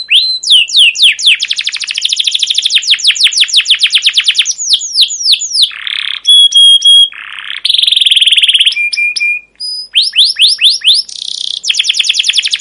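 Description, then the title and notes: Canary singing: rapid sweeping chip series, rolling buzzy tours and brief high whistles following one another. Long, persistent, emotive chirping 'cuit cuit' rolling canary song, used as a lure and as a tutor for young canaries learning to sing. "CUIT CUIT NGEROL LANGSUNG GACOR PANJANG Kenari Ini Utk Pancingan KENAR. PANCINGAN Kenari GACOR PANJANG Cuit CUIT EMOSI ini utk MASTERAN Kenari PAUD belajar BUNYI. burung kenari"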